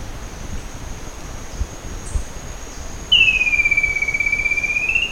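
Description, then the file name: Bird whistle arrives after three seconds: a long pure note, barely falling then level, above a constant shrill hum and a few faint clicks. "SABIOD 50 bird 2015"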